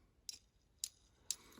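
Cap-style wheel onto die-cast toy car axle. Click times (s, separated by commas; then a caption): 0.3 s. A tool with a small cutout is wedged against the axle while thumb pressure is put on the wheel of a Hot Wheels Redline die-cast toy car, and the cap-style wheel snaps back onto the axle with a sharp, bright click at 0.3 s. Two similar crisp clicks follow at 0.8 s and 1.3 s, with a faint tick near 1.6 s. The wheel is seated.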